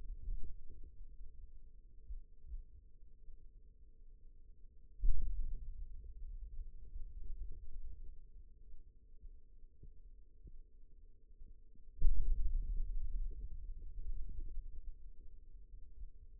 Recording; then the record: forearm muscle sounds (acoustic myography)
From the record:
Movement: hand opening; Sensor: system 2, bracelet of six BSWA MPA416 microphones around the upper forearm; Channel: 3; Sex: male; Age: 22 years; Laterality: right